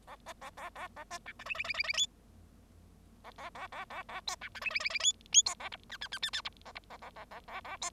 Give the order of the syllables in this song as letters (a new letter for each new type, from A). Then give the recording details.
A B A A A A B C D E E E E E F A A A A A A G C D E E E E F F G A H I I I I I H B H A A A A A A G. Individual Bird0